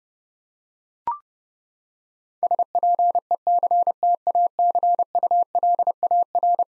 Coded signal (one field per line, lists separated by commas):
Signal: Morse code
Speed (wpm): 32 wpm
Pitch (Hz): 700 Hz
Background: none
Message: SPECTACULAR